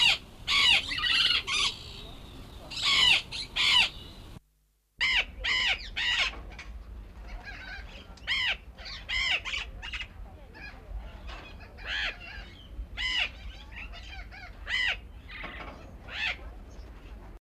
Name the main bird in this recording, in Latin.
Primolius auricollis